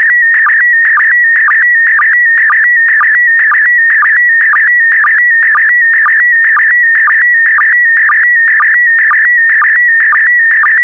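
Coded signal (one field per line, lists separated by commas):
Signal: SSTV (slow-scan television)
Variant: PD120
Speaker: Five, four, three, two, one. Thank you. Transmission complete. You can now check your decoded image against the picture that is shown on the video.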